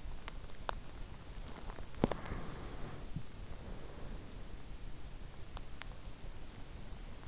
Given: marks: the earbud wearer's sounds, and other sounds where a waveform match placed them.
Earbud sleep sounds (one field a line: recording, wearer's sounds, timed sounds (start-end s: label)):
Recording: sounds in sleep by an in-ear microphone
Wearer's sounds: teeth grinding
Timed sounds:
0.04-0.92 s: teeth grinding
1.80-3.54 s: teeth grinding
5.06-6.15 s: teeth grinding